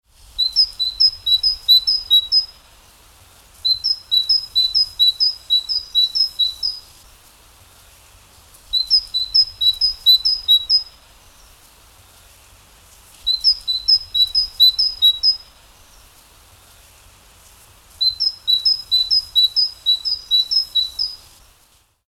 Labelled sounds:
Great Tit
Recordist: Tembrock, Günter
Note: Gesang

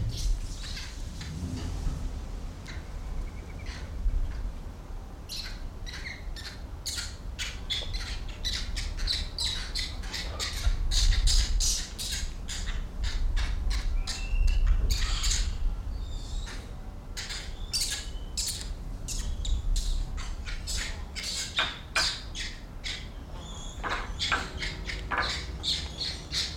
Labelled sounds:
Barbary Macaque
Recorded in captivity
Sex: group
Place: Tiergarten Schönbrunn, AT
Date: 1990-09-02 17:40
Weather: bedeckt, 17°C
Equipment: Marantz CP 430, Sennheiser ME 80, Kopie Uher Variocord
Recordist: Tembrock, Günter
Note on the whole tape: Laute in der Gruppe

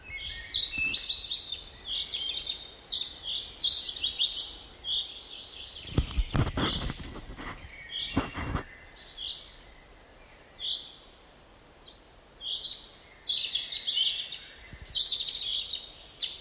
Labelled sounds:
European Robin song
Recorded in the wild
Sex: male
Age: adult
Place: Mühlenbecker Wald, Brandenburg, DE
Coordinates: 52.7, 13.4
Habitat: forest
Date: 1988-07-10 12:15
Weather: partly sunny, 17-20°C, winds
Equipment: Sony WM-D6C, Kopie Tesla B 116
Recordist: Tembrock, Günter

